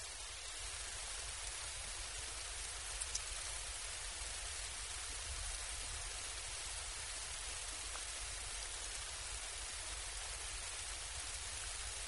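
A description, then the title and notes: Steady, dense rain hisses evenly throughout with a constant low rumble underneath and a couple of faint ticks near three and eight seconds. Serene Thunder and Rain. A continuous, soothing soundscape of gentle thunder rolling in the distance and the steady, calming patter of rain.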